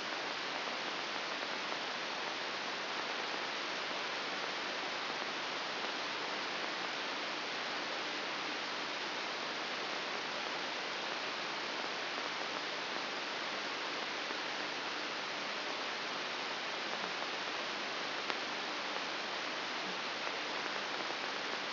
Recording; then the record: brain microelectrode recording played as sound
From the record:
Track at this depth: inside the subthalamic nucleus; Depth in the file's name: 5.401 mm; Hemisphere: right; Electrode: 3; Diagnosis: Parkinson's disease